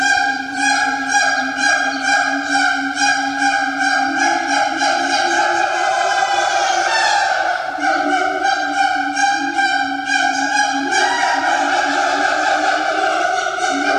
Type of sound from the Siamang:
song